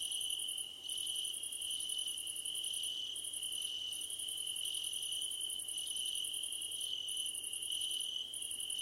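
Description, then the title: Cricket chorus with an unbroken high trill beneath bursts of higher pulsed chirps, and fainter short repeated chirps. Crickets calling at night under a starlit sky. "Nighttime Ambience with Crickets 🌃"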